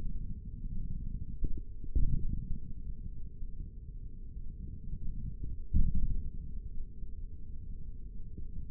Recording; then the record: forearm muscle sounds (acoustic myography)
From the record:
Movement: index flexion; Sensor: system 3, bracelet of six PUI Audio POM-2738L microphones around the upper forearm, with dedicated amplification and filtering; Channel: 4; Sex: male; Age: 56 years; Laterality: right